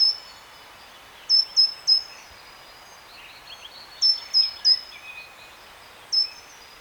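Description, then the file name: Great tit giving bright, thin call notes in quick runs of three and a single, with soft mixed bird twitters underneath. "Parus major"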